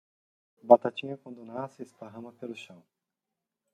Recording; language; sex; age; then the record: short text; Brazilian Portuguese; male; 50 to 59 years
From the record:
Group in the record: control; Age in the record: 54 years